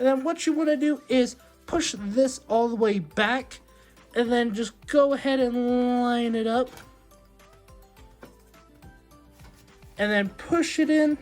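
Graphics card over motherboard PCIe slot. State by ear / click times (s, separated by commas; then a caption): not seated / none. A graphics card is positioned and lined up over a motherboard PCIe slot before being pushed in, while someone talks over music. Only faint handling noises are heard around 7.4 to 9.8 seconds. Nothing has seated or clicked yet.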